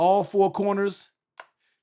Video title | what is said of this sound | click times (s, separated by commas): iPhone 16 Pro Max Caudabe Paragon Review! BEST Caudabe Case?! | they all pop on just fine everything is good no super super audible click but they pop on just fine nothing wrong with them | 1.4 s